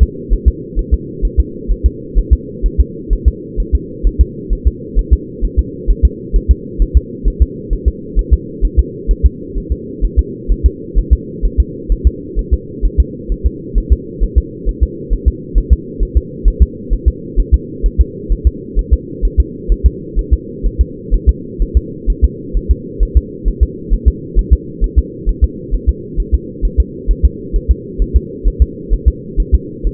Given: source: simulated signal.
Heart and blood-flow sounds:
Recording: fetal heart sounds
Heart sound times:
0.03 s: S2
0.33 s: S1
0.48 s: S2
0.79 s: S1
0.94 s: S2
1.25 s: S1
1.40 s: S2
1.71 s: S1
1.86 s: S2
2.19 s: S1
2.33 s: S2
2.66 s: S1
2.80 s: S2
3.13 s: S1
3.28 s: S2
3.60 s: S1
3.75 s: S2
4.07 s: S1
4.21 s: S2
4.53 s: S1
4.67 s: S2
4.99 s: S1
5.13 s: S2
5.44 s: S1
5.59 s: S2
5.90 s: S1
6.05 s: S2
6.36 s: S1
6.51 s: S2
6.82 s: S1
6.97 s: S2
7.28 s: S1
7.42 s: S2
7.73 s: S1
7.88 s: S2
8.19 s: S1
8.33 s: S2
8.65 s: S1
8.79 s: S2
9.11 s: S1
9.26 s: S2
9.58 s: S1
9.72 s: S2
10.05 s: S1
10.19 s: S2
10.52 s: S1
10.66 s: S2
10.98 s: S1
11.13 s: S2
11.45 s: S1
11.60 s: S2
11.92 s: S1
12.07 s: S2
12.39 s: S1
12.53 s: S2
12.85 s: S1
13.00 s: S2
13.32 s: S1
13.46 s: S2
13.78 s: S1
13.92 s: S2
14.23 s: S1
14.38 s: S2
14.69 s: S1
14.83 s: S2
15.13 s: S1
15.28 s: S2
15.58 s: S1
15.73 s: S2
16.03 s: S1
16.17 s: S2
16.48 s: S1
16.62 s: S2
16.93 s: S1
17.08 s: S2
17.39 s: S1
17.54 s: S2
17.86 s: S1
18.01 s: S2
18.32 s: S1
18.47 s: S2
18.79 s: S1
18.93 s: S2
19.25 s: S1
19.40 s: S2
19.72 s: S1
19.86 s: S2
20.19 s: S1
20.33 s: S2
20.66 s: S1
20.81 s: S2
21.14 s: S1
21.29 s: S2
21.62 s: S1
21.77 s: S2
22.10 s: S1
22.24 s: S2
22.57 s: S1
22.71 s: S2
23.03 s: S1
23.17 s: S2
23.48 s: S1
23.63 s: S2
23.94 s: S1
24.08 s: S2
24.39 s: S1
24.53 s: S2
24.84 s: S1
24.98 s: S2
25.29 s: S1
25.44 s: S2
25.74 s: S1
25.89 s: S2
26.20 s: S1
26.34 s: S2
26.65 s: S1
26.80 s: S2
27.11 s: S1
27.25 s: S2
27.56 s: S1
27.71 s: S2
28.02 s: S1
28.16 s: S2
28.47 s: S1
28.62 s: S2
28.94 s: S1
29.08 s: S2
29.40 s: S1
29.55 s: S2
29.87 s: S1
From the record:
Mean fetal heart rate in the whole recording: 130 bpm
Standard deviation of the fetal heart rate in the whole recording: 2 bpm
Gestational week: 36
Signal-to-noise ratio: -4.1 dB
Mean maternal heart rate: no maternal heart sound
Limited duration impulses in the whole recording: absent

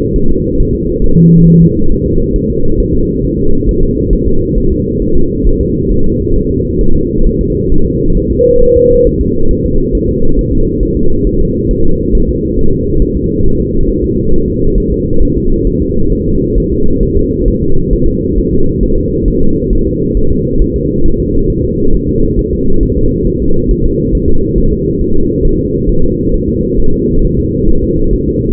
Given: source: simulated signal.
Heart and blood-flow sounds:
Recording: fetal heart sounds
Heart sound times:
0.16 s: S1
0.31 s: S2
0.60 s: S1
0.75 s: S2
1.04 s: S1
1.19 s: S2
1.48 s: S1
1.62 s: S2
1.92 s: S1
2.06 s: S2
2.36 s: S1
2.50 s: S2
2.80 s: S1
2.95 s: S2
3.25 s: S1
3.39 s: S2
3.69 s: S1
3.83 s: S2
4.13 s: S1
4.28 s: S2
4.58 s: S1
4.72 s: S2
5.02 s: S1
5.17 s: S2
5.47 s: S1
5.61 s: S2
5.92 s: S1
6.06 s: S2
6.36 s: S1
6.51 s: S2
6.81 s: S1
6.96 s: S2
7.27 s: S1
7.41 s: S2
7.72 s: S1
7.86 s: S2
8.17 s: S1
8.32 s: S2
8.62 s: S1
8.77 s: S2
9.07 s: S1
9.21 s: S2
9.51 s: S1
9.66 s: S2
9.95 s: S1
10.09 s: S2
10.39 s: S1
10.53 s: S2
10.83 s: S1
10.97 s: S2
11.27 s: S1
11.41 s: S2
11.71 s: S1
11.85 s: S2
12.15 s: S1
12.29 s: S2
12.59 s: S1
12.73 s: S2
13.02 s: S1
13.17 s: S2
13.46 s: S1
13.60 s: S2
13.89 s: S1
14.04 s: S2
14.33 s: S1
14.48 s: S2
14.78 s: S1
14.92 s: S2
15.23 s: S1
15.37 s: S2
15.67 s: S1
15.82 s: S2
16.12 s: S1
16.27 s: S2
16.58 s: S1
16.72 s: S2
17.03 s: S1
17.17 s: S2
17.48 s: S1
17.63 s: S2
17.93 s: S1
18.08 s: S2
18.38 s: S1
18.53 s: S2
18.83 s: S1
18.98 s: S2
19.28 s: S1
19.42 s: S2
19.73 s: S1
19.87 s: S2
20.17 s: S1
20.32 s: S2
20.62 s: S1
20.76 s: S2
21.06 s: S1
21.20 s: S2
21.50 s: S1
21.65 s: S2
21.94 s: S1
22.09 s: S2
22.39 s: S1
22.53 s: S2
22.83 s: S1
22.98 s: S2
23.27 s: S1
23.42 s: S2
23.71 s: S1
23.86 s: S2
24.15 s: S1
24.29 s: S2
24.58 s: S1
24.73 s: S2
25.01 s: S1
25.16 s: S2
25.45 s: S1
25.60 s: S2
25.89 s: S1
26.04 s: S2
26.34 s: S1
26.49 s: S2
26.80 s: S1
26.94 s: S2
27.25 s: S1
27.39 s: S2
27.69 s: S1
27.84 s: S2
28.13 s: S1
28.28 s: S2
From the record:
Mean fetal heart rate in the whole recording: 135 bpm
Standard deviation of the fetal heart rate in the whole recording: 3 bpm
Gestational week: 36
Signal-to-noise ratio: -19.1 dB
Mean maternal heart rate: 72 bpm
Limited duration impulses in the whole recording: present

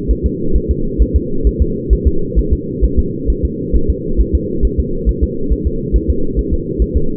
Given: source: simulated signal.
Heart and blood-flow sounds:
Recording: fetal heart sounds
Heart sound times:
0.11 s: S1
0.26 s: S2
0.56 s: S1
0.71 s: S2
1.02 s: S1
1.16 s: S2
1.47 s: S1
1.62 s: S2
1.93 s: S1
2.07 s: S2
2.39 s: S1
2.53 s: S2
2.84 s: S1
2.99 s: S2
3.30 s: S1
3.45 s: S2
3.76 s: S1
3.90 s: S2
4.20 s: S1
4.35 s: S2
4.65 s: S1
4.80 s: S2
5.09 s: S1
5.23 s: S2
5.52 s: S1
5.67 s: S2
5.96 s: S1
6.10 s: S2
6.39 s: S1
6.53 s: S2
6.82 s: S1
6.97 s: S2
From the record:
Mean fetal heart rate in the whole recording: 135 bpm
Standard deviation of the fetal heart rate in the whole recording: 3 bpm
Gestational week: 34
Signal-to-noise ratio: -8.1 dB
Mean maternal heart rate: 72 bpm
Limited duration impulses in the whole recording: absent

